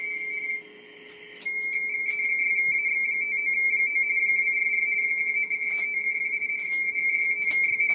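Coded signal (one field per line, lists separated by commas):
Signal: RTTY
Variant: 45 baud RTTY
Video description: AK5Y Working the BARTG HF RTTY CONTEST 2013-10-80 METERS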